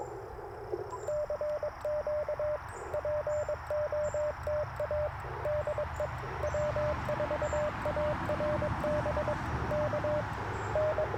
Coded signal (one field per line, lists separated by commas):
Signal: Morse code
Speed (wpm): 22 wpm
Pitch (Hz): 590 Hz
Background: radio noise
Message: CQ POTA DE W4ARB KN